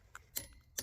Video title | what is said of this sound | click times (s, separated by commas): Car Care : Brakes PT 1: 2018 Subaru Forester Diagnosis And Considerations | your wrench click like that all right so | 0.2 s, 0.4 s